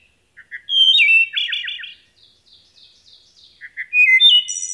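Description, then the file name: Wood thrush singing a flute-like whistled phrase that ends in a rapid stuttering trill, followed by soft notes and a second phrase rising into a high shimmering flourish. Recorded in New York. "wood thrush song NY"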